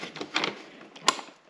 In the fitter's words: Hear a click.